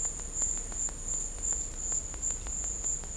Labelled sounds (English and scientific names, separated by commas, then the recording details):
none
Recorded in dense forest near Puerto Asís, Putumayo, Colombia, on 22 December 2024 at 13:00
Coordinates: 0.500, -76.322
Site G053